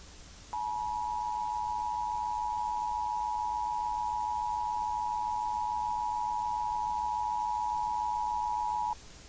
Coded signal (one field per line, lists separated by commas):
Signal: Emergency Alert System (SAME) tones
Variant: 853 and 960 Hz attention tone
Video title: DISH EAS In VHS Filter